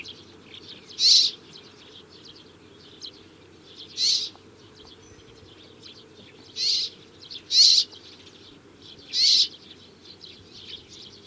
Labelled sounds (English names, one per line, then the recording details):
Rock Sparrow call
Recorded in the wild
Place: Wüste Gobi, MN
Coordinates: 42.94, 105.082
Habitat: Desert
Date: 1979-06-01 07:00
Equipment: Nagra III BH, Sennheiser MD 21, parabola
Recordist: Schubert, Michael